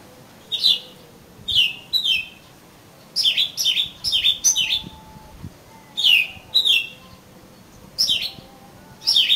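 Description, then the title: Oriental magpie-robin singing clear falling whistled notes, singly or in quick clusters, separated by short pauses. "Kacer Kacer"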